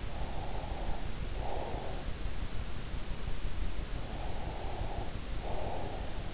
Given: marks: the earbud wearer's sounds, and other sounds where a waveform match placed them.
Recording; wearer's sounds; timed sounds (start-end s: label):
sounds in sleep by an in-ear microphone; breath
0.05-2.33 s: breath
3.98-6.29 s: breath